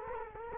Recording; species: mosquito wingbeat signal from an infrared sensor; Culex quinquefasciatus